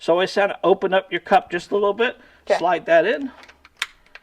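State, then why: Seated. Someone talks while a pistol magazine is slid into the grip's magazine well, and it clicks home at 3.8 s with a sharp, bright snap. A few faint small clicks and rattles surround it. The magazine is seated and engaged.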